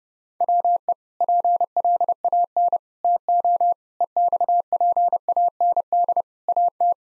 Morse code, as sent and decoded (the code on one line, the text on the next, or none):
.-- . / .--. .-.. .- -. / - --- / . -..- .--. .- -. -.. / .- -
WE PLAN TO EXPAND AT